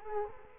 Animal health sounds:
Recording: mosquito wingbeat signal from an infrared sensor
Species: Culex quinquefasciatus

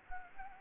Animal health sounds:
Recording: mosquito wingbeat signal from an infrared sensor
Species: Anopheles gambiae

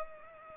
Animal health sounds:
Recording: mosquito wingbeat signal from an infrared sensor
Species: Culex pipiens

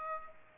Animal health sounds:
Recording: mosquito wingbeat signal from an infrared sensor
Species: Aedes aegypti

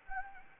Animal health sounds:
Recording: mosquito wingbeat signal from an infrared sensor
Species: Anopheles gambiae

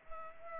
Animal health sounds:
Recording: mosquito wingbeat signal from an infrared sensor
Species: Culex pipiens

